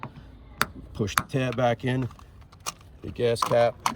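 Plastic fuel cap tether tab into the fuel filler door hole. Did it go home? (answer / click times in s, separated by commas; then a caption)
no / none. On a Dodge Challenger, the plastic tether tab of a new fuel filler cap is pushed into the small hole in the fuel door while someone talks. Sharp, short plastic taps are heard around 0.6 s and 2.7 s, but nothing has seated or clicked yet.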